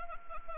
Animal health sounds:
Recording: mosquito wingbeat signal from an infrared sensor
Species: Anopheles arabiensis

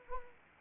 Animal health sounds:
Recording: mosquito wingbeat signal from an infrared sensor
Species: Anopheles arabiensis

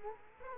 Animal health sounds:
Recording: mosquito wingbeat signal from an infrared sensor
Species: Culex quinquefasciatus

